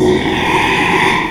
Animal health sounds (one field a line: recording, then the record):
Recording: squeal of a Yucatan mini pig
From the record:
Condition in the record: after surgery on the right vocal fold (resection and tissue-engineered implant)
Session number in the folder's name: 1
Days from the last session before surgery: 6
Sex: male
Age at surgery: 12 weeks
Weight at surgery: 13 kg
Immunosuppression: cyclosporine, prednisolone